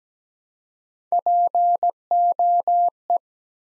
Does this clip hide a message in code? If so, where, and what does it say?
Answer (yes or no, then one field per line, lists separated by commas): yes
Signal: Morse code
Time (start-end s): 1.1-3.2 s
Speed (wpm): 17 wpm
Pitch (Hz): 700 Hz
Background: none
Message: POE